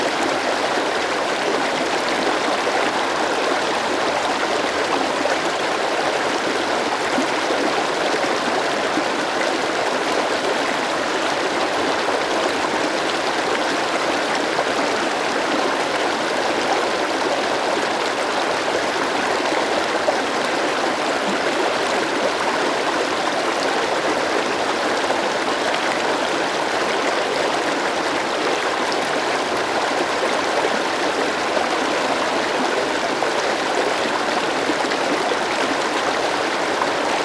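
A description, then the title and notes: A mountain river bubbles and rushes over rocks in a steady, dense wash of sound that holds unchanged for the whole clip. The flow fills the mids and highs with fine gurgling detail, with little deep rumble beneath. Mountain River. Listen to the echoing sound of the running water. The bubbling sounds of the water over rocks.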